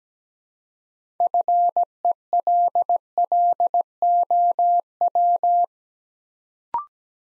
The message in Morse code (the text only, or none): FELLOW